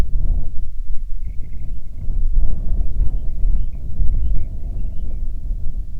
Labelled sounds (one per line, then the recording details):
songbird
wind
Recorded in the Prudhoe Bay oil fields, Alaska, on 6 June 2019 at 04:38
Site 16